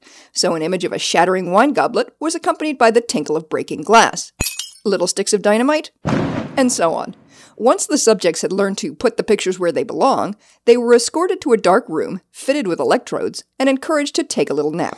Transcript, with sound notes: So, an image of a shattering wine goblet was accompanied by the tinkle of breaking glass. [glass break sound] Little sticks of dynamite? [boom sound] And so on. Once the subjects had learned to put the pictures where they belong, they were escorted to a dark room, fitted with electrodes, and encouraged to take a little nap.